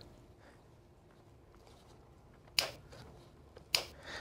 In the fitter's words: those two clicks lets you know that the module